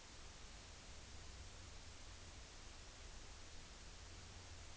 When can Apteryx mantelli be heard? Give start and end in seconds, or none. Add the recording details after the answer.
none. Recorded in New Zealand on 29 April 2013. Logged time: 02:19